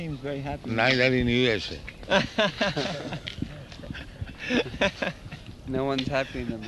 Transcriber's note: laughter